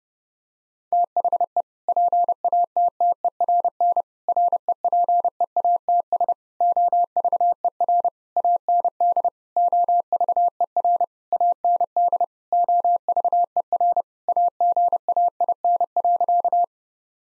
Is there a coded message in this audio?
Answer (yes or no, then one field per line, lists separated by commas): yes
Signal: Morse code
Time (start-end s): 0.9-16.6 s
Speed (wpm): 30 wpm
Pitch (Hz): 700 Hz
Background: none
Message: THE PATTERN REPEATS OVER AND OVER AND OVER AGAIN.